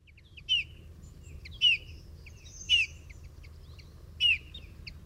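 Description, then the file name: Eurasian bullfinch calls: four clear, downslurred piping whistles spaced a second or more apart, with faint chips between them. "Pyrrhula pyrrhula"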